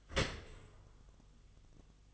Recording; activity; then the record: daily activity, microphone in the room; open dishwasher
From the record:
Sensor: 4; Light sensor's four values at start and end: 11/26/10/10 and 11/26/10/10